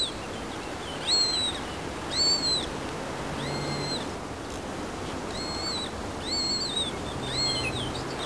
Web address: Montagus Harrier